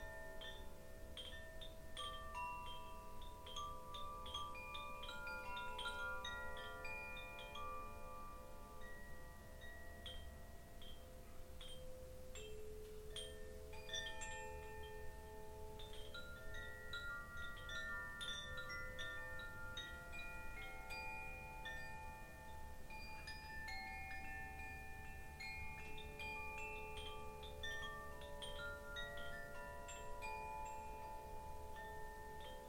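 Singing bowls ring in overlapping, sustained tones, new strikes every few seconds layering bright shimmering pitches over a steady low hum throughout.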